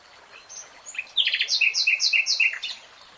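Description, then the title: Nightingale song: sharp notes leading into a rhythmic series of loud, chunky repeated notes, about four per second. Real-time recording, not slowed. "[Tiếng chim hót] Nightingale Singing"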